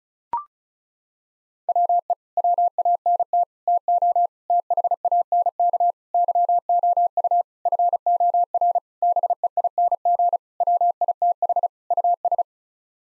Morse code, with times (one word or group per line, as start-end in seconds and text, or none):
1.7-2.1 WE
2.4-3.4 WANT
3.7-4.3 TO
4.5-5.9 THANK
6.1-7.4 YOU
7.7-8.8 FOR
9.0-10.4 BEING
10.6-11.7 WITH
11.9-12.4 US